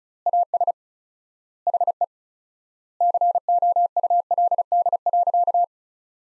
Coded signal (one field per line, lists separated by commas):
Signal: Morse code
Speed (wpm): 36 wpm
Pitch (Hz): 700 Hz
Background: none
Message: AS HE COULD.